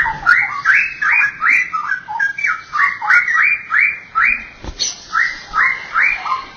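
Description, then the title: Oriental magpie-robin song, repeated rising whistled notes about two to three per second, with one sharp click in the second half. "Kicau Kacer"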